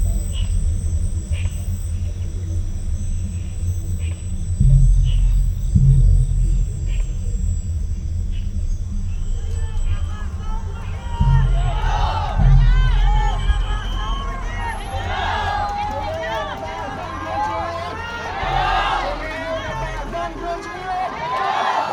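Street ambience in Phnom Penh during the election period: a steady low engine rumble runs throughout, with heavier thumps near five and twelve seconds. From about ten seconds on, a dense crowd of overlapping voices rises and stays busy, over a faint thin whine.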